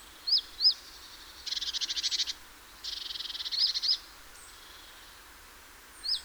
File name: Parus major